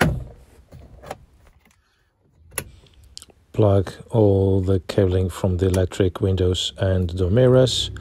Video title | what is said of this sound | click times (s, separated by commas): Upgrade your Focus MK2 speakers for mind-blowing sound | give them a good bang and all should click in place | 0.0 s, 2.6 s, 3.2 s